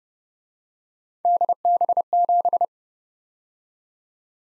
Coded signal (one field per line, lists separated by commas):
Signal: Morse code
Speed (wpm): 29 wpm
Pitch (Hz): 700 Hz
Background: none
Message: DB7